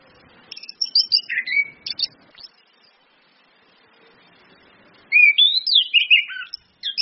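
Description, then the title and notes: Orange-headed thrush song with rapid, varied whistles, then a quiet pause, then a rich rising and falling warbled phrase. Indonesian training lure ('pancingan') of clear 'ngeplong' song with female whistles ('suitan betina'), meant to make birds sing eagerly ('gacor'). "PANCINGAN anis kembang ngeplong dan SUITAN BETINA. Masteran Anis Kembang"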